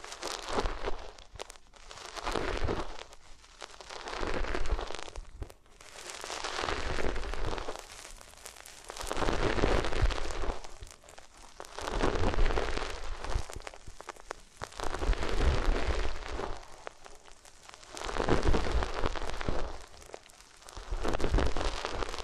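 Materials are rubbed against the ears in slow, regular strokes, one swell about every two to three seconds, each rising and fading. The rubbing is a dense, crackly scratching with bright grainy texture, separated by brief quieter gaps and a low rumble underneath.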